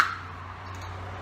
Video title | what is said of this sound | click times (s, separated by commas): Tool Review: EZ Twist Paint Stick | your roller you slip it on the bracket until it clicks and you | 0.0 s